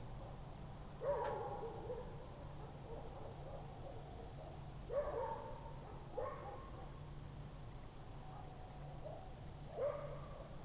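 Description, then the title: High pulsing cricket trills run without a break, joined by repeated short, lower warbling calls in the background. Night crickets heard through a window in Goworów, Poland, late evening of 18 July 2022, World Listening Day; recorded with Zoom F4 and AT BP4025. "Goworów 6, 57-515, Poland - World Listening Day/Night 18/07/2022-night crickets"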